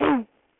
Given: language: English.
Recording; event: throat vibration sensor signal played as sound; throat clearing